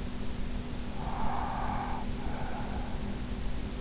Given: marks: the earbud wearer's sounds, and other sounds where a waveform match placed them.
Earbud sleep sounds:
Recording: sounds in sleep by an in-ear microphone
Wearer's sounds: breath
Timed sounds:
0.92-3.05 s: breath

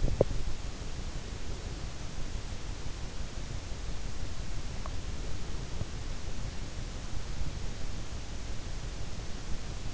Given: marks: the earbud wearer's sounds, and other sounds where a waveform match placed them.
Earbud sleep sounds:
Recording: sounds in sleep by an in-ear microphone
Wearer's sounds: teeth grinding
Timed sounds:
0.00-0.29 s: teeth grinding

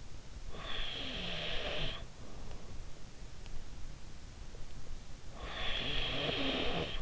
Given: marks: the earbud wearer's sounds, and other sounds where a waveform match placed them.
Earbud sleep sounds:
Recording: sounds in sleep by an in-ear microphone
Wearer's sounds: snoring breath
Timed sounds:
0.53-2.21 s: snoring breath
5.35-7.02 s: snoring breath

